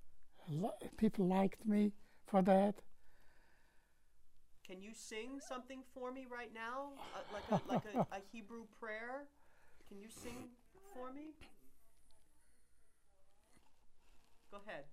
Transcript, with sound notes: — people liked me for that.
Can you sing something for me right now, like a —— [chuckles] like a — a Hebrew prayer? Can you sing for me? Go ahead..